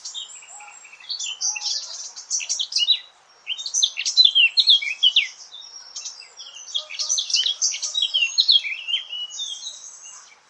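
Eurasian blackcap song, a fast, varied warble of chirps and twittering notes in bursts, pausing briefly about a third of the way through.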